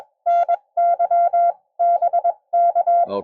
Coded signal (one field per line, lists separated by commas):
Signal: Morse code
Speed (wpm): 21 wpm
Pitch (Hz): 690 Hz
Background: none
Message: NY BK